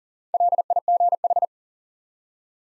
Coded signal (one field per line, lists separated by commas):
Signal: Morse code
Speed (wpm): 40 wpm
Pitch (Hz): 700 Hz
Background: none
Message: LIGH